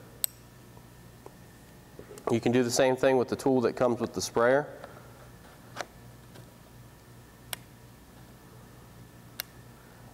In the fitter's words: just you rotate clockwise until you hear a click